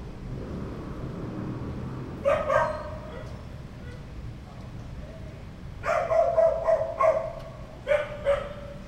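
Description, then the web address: Dog barks in short clusters: a double bark, a pause, then a rapid run of several barks followed by a final pair over steady low hiss. "verbi voco danca visual. Chiens"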